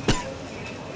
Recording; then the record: coughing mixed with background sound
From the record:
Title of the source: Coughing 51